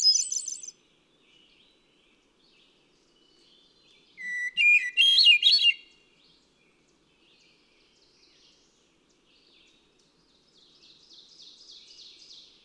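Hermit thrush song phrase opening on a low pure whistle and breaking into rising and falling flute-like notes, after the loud end of an earlier phrase, with quieter phrases following.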